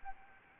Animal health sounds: mosquito wingbeat signal from an infrared sensor; Anopheles arabiensis

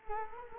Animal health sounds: mosquito wingbeat signal from an infrared sensor; Culex quinquefasciatus

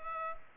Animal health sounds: mosquito wingbeat signal from an infrared sensor; Culex pipiens

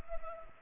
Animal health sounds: mosquito wingbeat signal from an infrared sensor; Culex pipiens

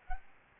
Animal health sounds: mosquito wingbeat signal from an infrared sensor; Aedes albopictus

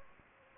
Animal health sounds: mosquito wingbeat signal from an infrared sensor; Anopheles gambiae

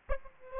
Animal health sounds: mosquito wingbeat signal from an infrared sensor; Aedes aegypti

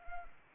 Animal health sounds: mosquito wingbeat signal from an infrared sensor; Anopheles arabiensis

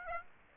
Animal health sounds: mosquito wingbeat signal from an infrared sensor; Aedes aegypti

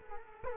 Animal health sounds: mosquito wingbeat signal from an infrared sensor; Culex quinquefasciatus

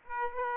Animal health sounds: mosquito wingbeat signal from an infrared sensor; Aedes aegypti

